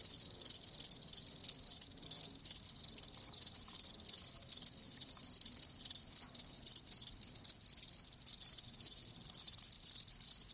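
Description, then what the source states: Continuous cricket chorus, high and shimmering, with rapid pulses and occasional brief gaps in the trilling. Live crickets chirping in a lulling song.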